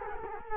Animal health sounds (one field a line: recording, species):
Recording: mosquito wingbeat signal from an infrared sensor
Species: Culex quinquefasciatus